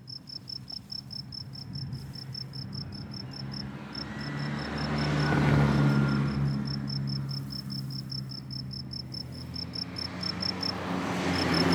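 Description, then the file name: Cricket chirping in rapid regular high pulses, partly masked by a loud passing rushing noise that rises and fades in the middle. "grillon"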